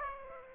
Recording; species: mosquito wingbeat signal from an infrared sensor; Aedes aegypti